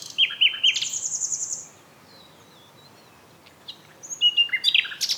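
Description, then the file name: Common nightingale song phrase starting with sharp repeated notes and a rattling high trill, then a quiet pause before a new burst of whistles and trills. "Luscinia megarhynchos"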